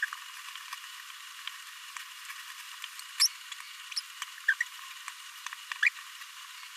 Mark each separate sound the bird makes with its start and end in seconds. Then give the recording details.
3.20-3.28, 3.96-4.00, 4.48-4.53, 4.60-4.62, 5.82-5.89. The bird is a male. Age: 26 days. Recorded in a nest box in Venezuela. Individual 17B42A3